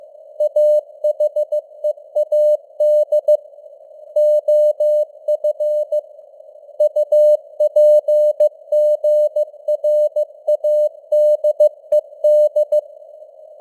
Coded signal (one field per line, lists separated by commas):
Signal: Morse code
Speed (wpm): 15 wpm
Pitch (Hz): 600 Hz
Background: none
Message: AHEAD OF UPGRADED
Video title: Morse Code News | 2025-10-14 | 15wpm